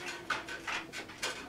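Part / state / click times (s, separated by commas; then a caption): motherboard I/O back plate into PC case rear opening / seated / 0.3 s, 1.2 s. A motherboard rear I/O back plate is pushed into the rectangular opening at the back of a PC case, with scraping, rattling metal sounds throughout. Sharp snaps at 0.3 s and 1.2 s mark the plate seating into the opening.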